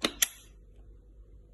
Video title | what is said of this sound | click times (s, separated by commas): How To Replace Pads & Battery on HeartSine Samaritan 500P Defibrillator | simply going to slide it in and it will click into place. | 0.0 s, 0.2 s